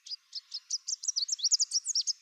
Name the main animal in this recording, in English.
Chestnut-capped Warbler